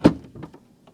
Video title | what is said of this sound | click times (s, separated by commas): How To Assemble An Aerogarden Microgreens Kit | push it in until you hear a click | 0.1 s